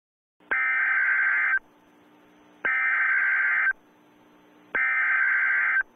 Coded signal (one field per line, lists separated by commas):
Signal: Emergency Alert System (SAME) tones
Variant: header bursts